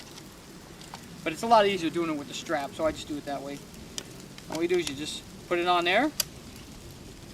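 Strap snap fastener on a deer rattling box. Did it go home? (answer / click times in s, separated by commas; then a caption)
no / none. A carrying strap is being put onto a deer rattling box, handled with its snap fastener not yet closed. Someone talks over a low background hiss. The clip ends before the strap's snap fastener is pressed closed, so nothing has seated or clicked yet.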